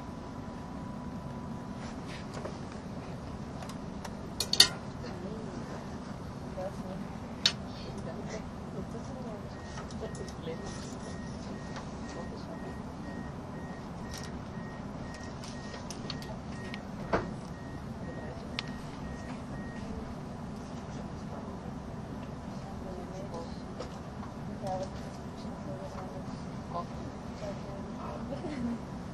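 A train runs along the Gotthard Base Tunnel route with a steady, low rumble throughout. Brief clicks and knocks stand out, a sharp one near five seconds and others around seven and seventeen seconds, and a faint tone holds for several seconds midway.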